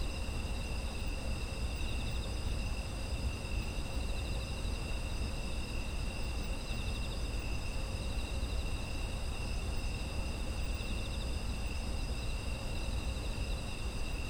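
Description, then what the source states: Insect chorus of constant shrill trills stacked at several pitches, one band softly throbbing, with low rumbling noise underneath. Autumn insect ambience.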